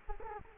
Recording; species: mosquito wingbeat signal from an infrared sensor; Culex quinquefasciatus